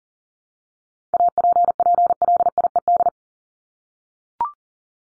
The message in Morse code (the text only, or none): APPLIED